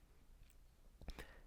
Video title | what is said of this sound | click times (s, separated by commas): How to Replace the Battery of the Garmin HRM Pro Plus Heart Monitor | Push it until it clicks in place. | 1.1 s